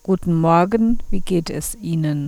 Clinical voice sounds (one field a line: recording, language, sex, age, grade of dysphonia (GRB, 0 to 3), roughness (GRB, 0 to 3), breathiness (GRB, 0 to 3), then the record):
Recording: spoken sentence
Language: German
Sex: female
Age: 40 to 49 years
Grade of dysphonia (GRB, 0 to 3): 1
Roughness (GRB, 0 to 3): 1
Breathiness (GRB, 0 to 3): 0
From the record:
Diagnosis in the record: functional dysphonia, psychogenic dysphonia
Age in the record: 46 years